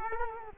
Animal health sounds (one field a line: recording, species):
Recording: mosquito wingbeat signal from an infrared sensor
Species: Culex quinquefasciatus